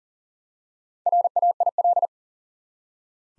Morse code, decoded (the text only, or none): RAIL